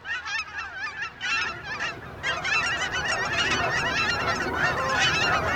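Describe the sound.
Cackling goose: cackling geese giving rapid high yelping honks, several birds overlapping in bursts that build into a steady chorus, several calls a second.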